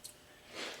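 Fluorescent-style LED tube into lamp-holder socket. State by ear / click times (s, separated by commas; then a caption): not seated / none. A fluorescent-style LED tube is handled at its lamp-holder socket, its second end being fitted onto the contacts and twisted. A faint high tick at the start gives way to a soft, breathy broadband rustle that swells toward the middle and end. The tube end has not yet snapped into the socket detents; nothing has seated or clicked yet.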